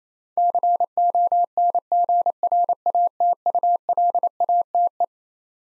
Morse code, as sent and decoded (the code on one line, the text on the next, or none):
-.-. --- -. --. .-. .- - ..- .-.. .- - .
CONGRATULATE